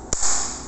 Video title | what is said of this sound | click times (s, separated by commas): Grabe Buy 1 Get 1 na Helmets Dito sa Otobai Market! - Gille GTS V1 Helmet Review | Okay. Yun, narinig nyo? Once na narinig niyo yung clicking sound, lock into | 0.1 s